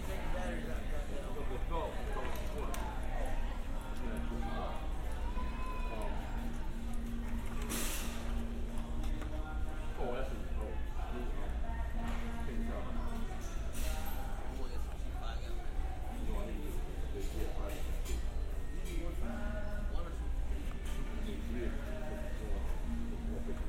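Shoppers chat steadily in a hardware store over a constant low hum, with a sharp clatter near eight seconds and scattered knocks throughout.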